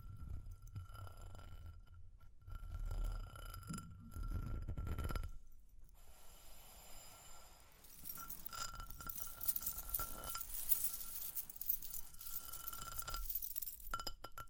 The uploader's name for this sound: Tapping, Scratching, Ear Cleaning with Jingling Sounds